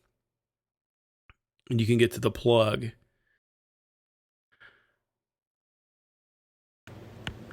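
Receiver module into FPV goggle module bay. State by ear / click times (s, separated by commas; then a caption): not seated / none. With the bay door off, a plug-in receiver module is handled at the module bay of HDZero FPV goggles. A small tick comes at 1.3 s, someone talks briefly, then a faint sound follows. From about 6.9 s there is rustling handling noise with a sharp plastic tap near 7.3 s; nothing has seated or clicked yet.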